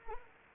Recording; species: mosquito wingbeat signal from an infrared sensor; Anopheles arabiensis